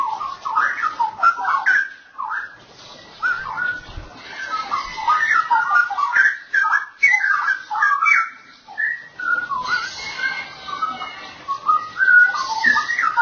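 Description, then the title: Oriental magpie-robin song, a long sequence of rich whistled notes and short phrases with brief pauses between bursts. "Kicau Kacer"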